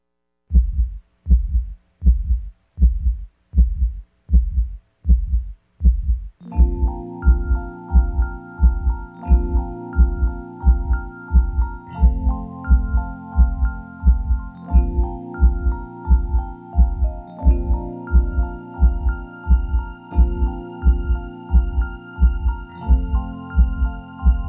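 A regular adult heartbeat at about 88 beats per minute, heard alone for the first few seconds and then accompanied by the lullaby tune London Bridge, a heartbeat sound for helping a baby sleep.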